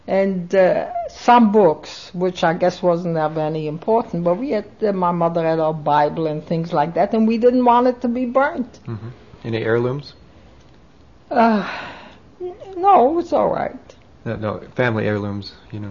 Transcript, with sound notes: And some books, which I guess wasn't of any important, but we had, my mother had a Bible and things like that, and we didn't want it to be burned.
Any heirlooms?
( she sighs ) No, it was all right.
No, family heirlooms, you know?